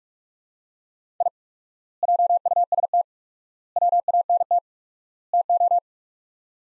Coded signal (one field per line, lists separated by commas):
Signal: Morse code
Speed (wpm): 46 wpm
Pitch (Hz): 700 Hz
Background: none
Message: I JUST WANT TO